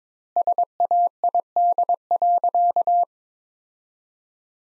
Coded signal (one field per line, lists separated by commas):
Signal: Morse code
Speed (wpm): 22 wpm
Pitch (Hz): 700 Hz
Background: none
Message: SAID.